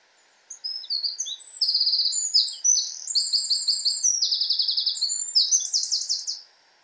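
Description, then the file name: Eurasian wren with an energetic, high, rattling song of mixed trills and sharp notes, running continuously for about six seconds. "Troglodytes troglodytes"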